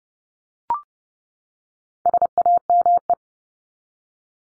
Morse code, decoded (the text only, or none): SAME